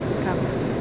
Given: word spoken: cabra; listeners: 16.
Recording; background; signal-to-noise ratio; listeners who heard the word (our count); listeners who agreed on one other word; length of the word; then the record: one Spanish word in noise, from a listening test; speech-shaped noise; -5.9 dB; 0 of 16; 8 of 16; 0.41 s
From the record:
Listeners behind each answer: 8, 3, 2, 1, 1, 1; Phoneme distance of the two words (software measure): 17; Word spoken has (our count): 2 syllables, 5 phonemes, stress on syllable 1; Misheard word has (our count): 2 syllables, 4 phonemes, stress on syllable 1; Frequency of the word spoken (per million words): 6.44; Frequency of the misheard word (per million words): 100.47